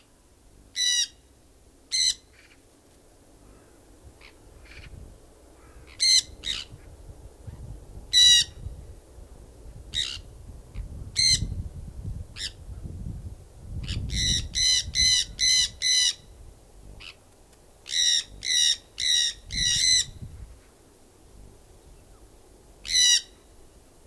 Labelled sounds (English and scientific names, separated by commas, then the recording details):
Jandaya Parakeet (Aratinga jandaya) call
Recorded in captivity
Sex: group
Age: adult
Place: Tierpark Berlin, Berlin, DE
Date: 2000-12-21 15:35
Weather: bedeckt, 0°C
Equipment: Nagra SN, Kopie Uher 4000 Report Monitor
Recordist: Tembrock, Günter